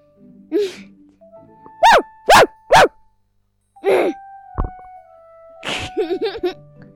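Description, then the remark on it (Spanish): A person imitates a dog, giving a quick run of three loud, sharp barks amid scattered yelps and breathy whines, then a wavering, whimpering howl at the end. “Y ahí aprendí a ladrar como perro.”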